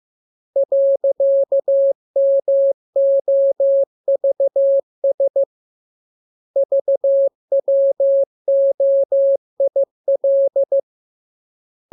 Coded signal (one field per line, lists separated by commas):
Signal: Morse code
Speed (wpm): 15 wpm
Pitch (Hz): 550 Hz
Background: none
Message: .MOVS VWOIL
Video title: Learning Morse Code. Lesson 25. Letter KMURESNAPTLWI.JZ=FOY,VG5/Q